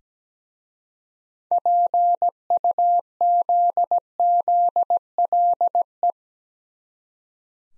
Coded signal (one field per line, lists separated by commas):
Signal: Morse code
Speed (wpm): 17 wpm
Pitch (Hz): 700 Hz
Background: none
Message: PUZZLE